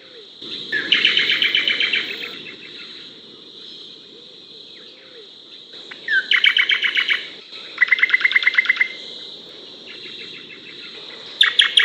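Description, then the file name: Dark-brown honeyeater singing short rapid trills of repeated chirps, about four bursts spaced a few seconds apart, over a continuous high-pitched insect drone. "lichmera incana"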